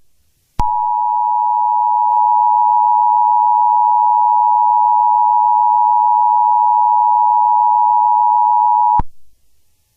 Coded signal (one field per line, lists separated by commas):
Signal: Emergency Alert System (SAME) tones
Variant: 853 and 960 Hz attention tone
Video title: EAS Scenario #6: The Hazbin Hotel Disaster